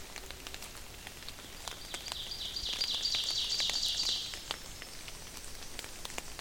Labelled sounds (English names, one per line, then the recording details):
Ovenbird song
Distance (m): 45 m
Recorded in boreal forest in Alberta, Canada, on 28 May 2016 at 08:55
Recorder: SongMeter 3, array SBT-3-49
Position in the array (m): 54 m, 148 m
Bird 15